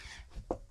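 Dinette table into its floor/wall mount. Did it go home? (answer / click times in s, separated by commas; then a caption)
yes / 0.5 s. A one-piece removable dinette table in a 2026 Wonder Rear Lounge is set onto its floor/wall mount and pushed home. After a soft low thump near 0.37 s, a single short, sharp hit at 0.5 s marks the table locking in place, and it is seated.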